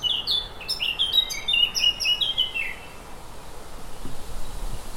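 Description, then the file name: Eurasian blackcap pouring out a fast warbled phrase of bright twittering notes for about three seconds, then quiet background hiss. "Sylvia atricapilla"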